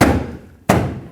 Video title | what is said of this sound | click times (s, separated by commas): How to Replace Taillight 2009-2014 Ford F-150 | tap it in and it will lock into place | 0.0 s, 0.7 s